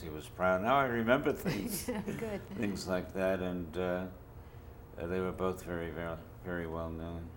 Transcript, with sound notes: He was—now, I remember things.
[chuckles] Yeah, good.
Things like that, and they were both very—very well known.